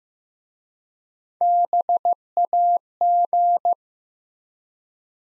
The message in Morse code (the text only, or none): BAG